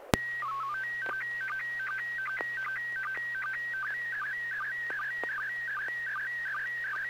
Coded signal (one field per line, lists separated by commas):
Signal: SSTV (slow-scan television)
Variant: PD 50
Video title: N6NA SSTV Net - 04/28/2021